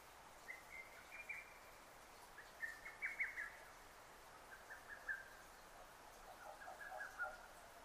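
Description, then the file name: Lesser cuckoo song, faint and partly masked by hiss: several short choppy phrases of clipped notes spread across the recording. Recorded 6 June 2009. "hototogisu-20090606"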